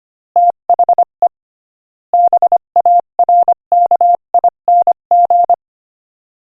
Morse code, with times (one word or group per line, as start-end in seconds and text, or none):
0.4-1.3 THE
2.1-5.5 BARKING